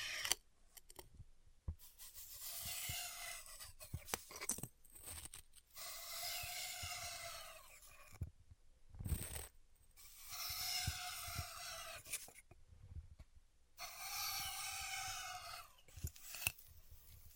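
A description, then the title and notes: Styrofoam being heat-cut in repeated rasping, squeaky strokes of about two seconds each, separated by brief pauses with small clicks and knocks. ASMR Styrofoam Heat Cutting (No Talking).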